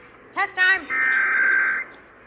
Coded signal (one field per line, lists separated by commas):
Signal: Emergency Alert System (SAME) tones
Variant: header bursts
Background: speech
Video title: Tennessee Required Monthly Test on WLAC-AM and WSM-AM (EAS #383-#384)